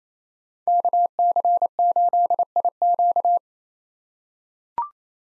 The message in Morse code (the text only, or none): KC8IQ